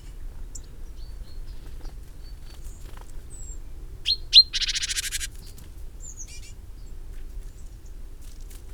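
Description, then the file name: Great tit call: a couple of thin high notes followed by a short, harsh, buzzy churr, standing out against quiet background with faint scattered chirps and low rumble. "Parus major"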